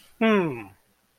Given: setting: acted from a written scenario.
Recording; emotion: vocal sound without words; desire